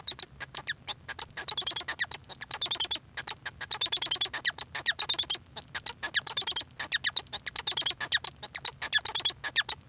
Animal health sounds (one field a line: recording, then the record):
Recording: song of a male Bengalese finch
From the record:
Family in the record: son of father 1